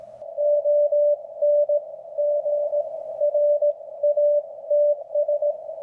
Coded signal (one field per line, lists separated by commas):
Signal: Morse code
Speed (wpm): 18 wpm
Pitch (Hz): 590 Hz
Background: none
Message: ONGRATS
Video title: #HamRadio Live! Show 338 Loop On Ground Antennas Another Great Way To Help Your Radio Receive Better